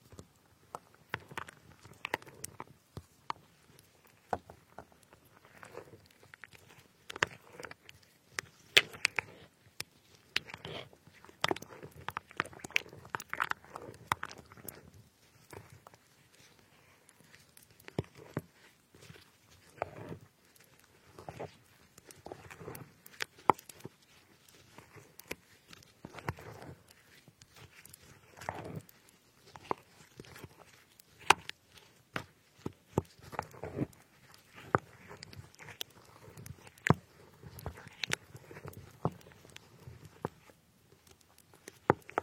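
Strawberries are being cut, a busy run of short crisp knife taps and squishy slices, irregular and frequent throughout, with brief quieter pauses.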